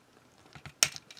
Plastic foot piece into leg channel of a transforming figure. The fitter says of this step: the thing in it will snap into place